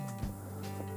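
A plastic wire harness connector is being handled and reconnected to the thermistor or control wiring of a Samsung dishwasher after the thermistor was replaced. Only faint handling sounds under steady background music are heard. Nothing has seated or clicked yet.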